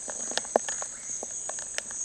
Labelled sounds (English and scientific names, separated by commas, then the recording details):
none
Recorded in dense forest near Puerto Asís, Putumayo, Colombia, on 29 June 2025 at 10:30
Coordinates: 0.468, -76.322
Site GP03